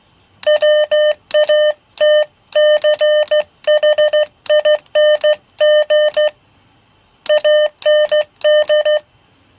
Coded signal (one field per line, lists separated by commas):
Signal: Morse code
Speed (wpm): 14 wpm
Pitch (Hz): 600 Hz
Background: none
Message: WATCHING AND